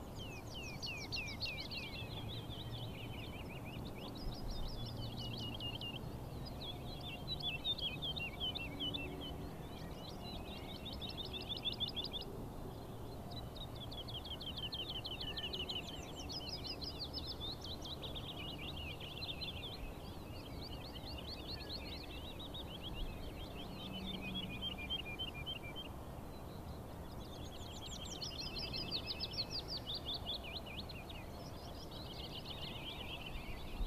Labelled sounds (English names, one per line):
Wood Lark flight song